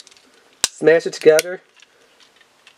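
A plastic Screechers Wild Level 1 Nightweaver toy car is smashed down onto its cocked spring flip board, which locks in with a single sharp snap at 0.6 s. Someone talks right after the snap, with a few faint ticks before and after. The car is seated on the flip board.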